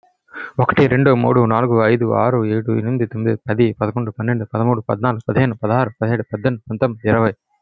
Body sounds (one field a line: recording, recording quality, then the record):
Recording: counting at a fast pace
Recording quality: excellent, no background noise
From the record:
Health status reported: healthy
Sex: male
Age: 24 years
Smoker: no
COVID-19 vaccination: one dose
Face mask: not worn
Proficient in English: yes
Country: India